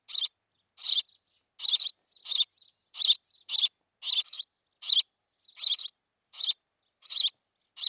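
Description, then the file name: House sparrow chirping rapidly and persistently, loud harsh notes coming more than once a second, some doubled, with small softer notes between. "Passer domesticus"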